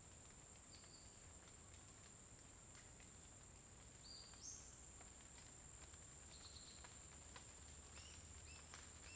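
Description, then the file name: Cricket trilling continuously on one high note, with a bird adding several short whistles, one rising, spread throughout. Constant cricket sound in a forest during the day, with a bird singing at intervals. "Grilo constante na floresta dia passaro canta em intervalos"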